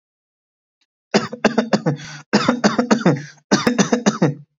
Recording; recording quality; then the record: shallow voluntary cough; excellent, no background noise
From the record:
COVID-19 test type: RT-PCR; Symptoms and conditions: cough, cold, sore throat, fatigue, loss of smell and taste, chronic lung disease, pneumonia, hypertension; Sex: male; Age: 23 years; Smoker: no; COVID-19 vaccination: both doses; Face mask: not worn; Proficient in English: yes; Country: India